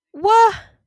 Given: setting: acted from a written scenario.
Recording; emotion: vocal sound without words; positive surprise